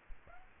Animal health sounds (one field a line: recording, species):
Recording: mosquito wingbeat signal from an infrared sensor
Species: Aedes aegypti